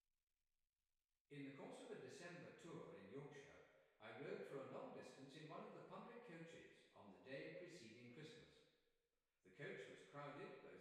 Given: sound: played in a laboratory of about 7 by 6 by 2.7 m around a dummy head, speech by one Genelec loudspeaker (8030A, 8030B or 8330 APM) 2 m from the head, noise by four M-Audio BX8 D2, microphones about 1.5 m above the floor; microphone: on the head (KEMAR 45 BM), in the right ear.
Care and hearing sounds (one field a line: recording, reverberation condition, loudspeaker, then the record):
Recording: male speech in English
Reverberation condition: high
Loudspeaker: 60 degrees to the left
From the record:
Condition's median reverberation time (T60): about 1300 ms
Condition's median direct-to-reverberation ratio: about -4.0 dB